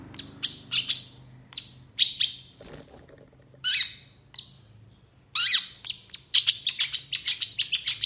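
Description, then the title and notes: Long-tailed shrike song: short bursts of harsh, high scratchy notes broken by brief pauses, ending in a fast run of chattering phrases; faint low hum beneath. Singing in the morning, with the 'toet toet' sound variation. "Cendet Gacor Dor Di Kala Pagi Toet Toet Variasi Suara. Burung cendet"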